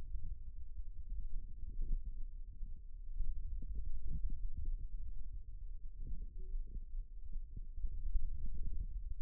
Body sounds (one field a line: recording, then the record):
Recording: forearm muscle sounds (acoustic myography)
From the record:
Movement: radial deviation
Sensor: system 2, bracelet of six BSWA MPA416 microphones around the upper forearm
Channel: 4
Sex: male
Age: 22 years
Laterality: right